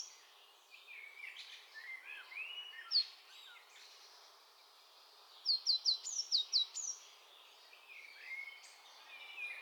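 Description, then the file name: Eurasian blue tit call, one tight series of about six high, sharply falling notes midway, amid scattered lower chirps. "Cyanistes caeruleus"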